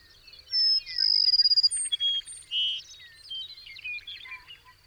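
Bird song with a long high whistle, a fast rattling trill and buzzy notes, set against quieter background birdsong.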